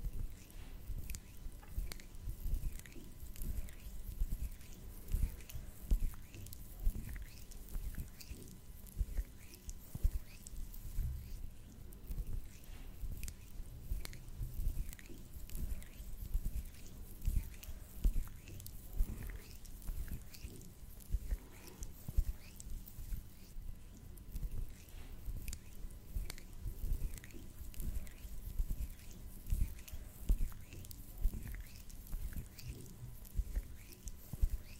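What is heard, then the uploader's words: Face massage with cream, a steady stream of soft sticky taps and clicks several times a second over a low, muffled rumble. Face Massage, Cream Sounds, Tweezing, Cottons.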